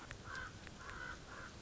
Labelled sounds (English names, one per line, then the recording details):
Common Raven
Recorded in Sonoma County, California